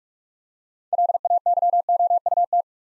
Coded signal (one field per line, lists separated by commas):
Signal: Morse code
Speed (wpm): 44 wpm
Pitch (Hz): 700 Hz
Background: none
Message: LAYOUT